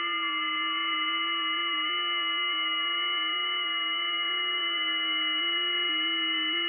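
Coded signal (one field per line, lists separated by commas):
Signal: FT8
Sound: many overlapping steady whistling tones, each stepping slightly in pitch, like a soft chord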